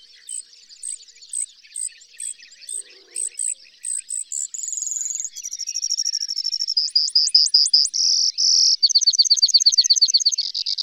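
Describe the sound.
Bird song opening with spaced high chirps, then a thin drawn note and several fast trills, some with rising slurs.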